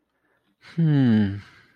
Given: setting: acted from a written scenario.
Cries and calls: vocal sound without words; romantic love

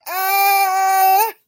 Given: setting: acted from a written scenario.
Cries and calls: vocal sound without words; pain

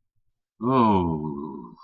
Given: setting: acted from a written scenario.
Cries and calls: vocal sound without words; ecstasy

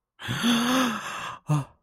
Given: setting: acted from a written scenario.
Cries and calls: vocal sound without words; embarrassment

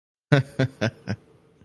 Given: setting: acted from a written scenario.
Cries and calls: vocal sound without words; pride

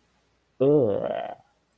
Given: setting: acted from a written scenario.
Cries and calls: vocal sound without words; disgust

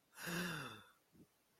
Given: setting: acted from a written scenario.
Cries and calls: vocal sound without words; positive surprise

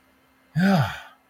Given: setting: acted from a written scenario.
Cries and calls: vocal sound without words; relief

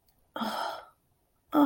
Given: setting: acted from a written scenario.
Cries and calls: vocal sound without words; awe

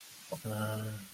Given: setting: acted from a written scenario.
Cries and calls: vocal sound without words; contempt

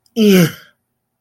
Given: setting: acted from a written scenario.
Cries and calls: vocal sound without words; disgust

